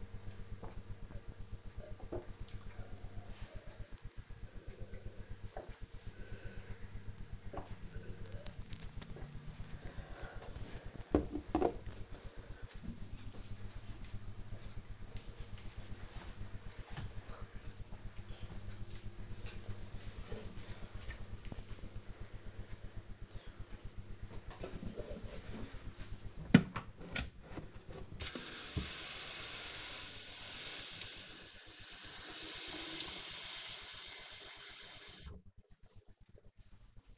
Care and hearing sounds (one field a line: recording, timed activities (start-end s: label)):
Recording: household activities, microphone on the right wrist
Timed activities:
0.00-10.16 s: drinking
24.22-37.18 s: watering plant